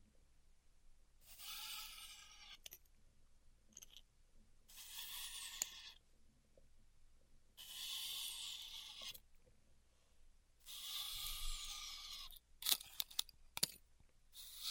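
Styrofoam being heat cut, with four bursts of bright, squeaky hissing lasting one to two seconds each, coming about every three seconds. Between them are short clicks and knocks, and near the end a quick run of sharp snaps. A low hum sits underneath throughout.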